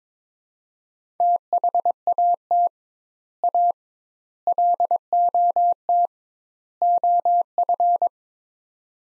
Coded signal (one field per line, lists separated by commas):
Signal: Morse code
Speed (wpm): 22 wpm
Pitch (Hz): 700 Hz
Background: none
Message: THAT A LOT OF